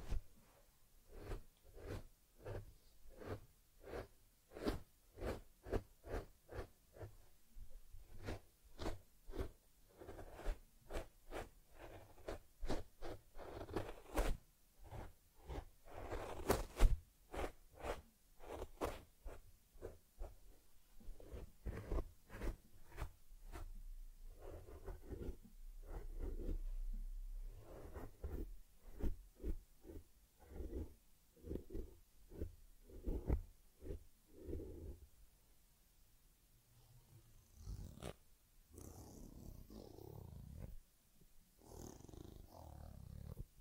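Teddy bear being groomed: a dense run of quick brushing and rubbing strokes, fast and irregular, with softer swishing and rustling toward the end.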